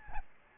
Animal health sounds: mosquito wingbeat signal from an infrared sensor; Aedes albopictus

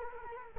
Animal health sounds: mosquito wingbeat signal from an infrared sensor; Culex quinquefasciatus

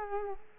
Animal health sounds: mosquito wingbeat signal from an infrared sensor; Culex quinquefasciatus

